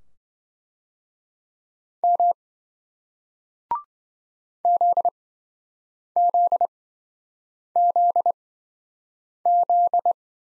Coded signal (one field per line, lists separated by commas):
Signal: Morse code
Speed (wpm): 28 wpm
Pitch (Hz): 700 Hz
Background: none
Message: M ZZZZ